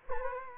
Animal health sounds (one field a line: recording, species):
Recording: mosquito wingbeat signal from an infrared sensor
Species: Culex quinquefasciatus